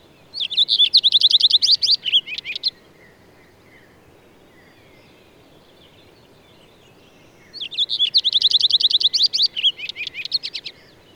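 Bird singing two fast, high trilled phrases of repeated sharp notes, separated by a quiet gap of nearly five seconds.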